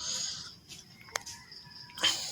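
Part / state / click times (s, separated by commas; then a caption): end cap onto hammer drill housing / seated / 1.0 s, 1.2 s. While a hammer drill is being reassembled, its end cap is fitted back onto the housing with a light hammer tap. A faint tap sounds at 1.0 s and a sharp, loud snap at 1.2 s over a steady background hiss. The end cap locks into place on the housing.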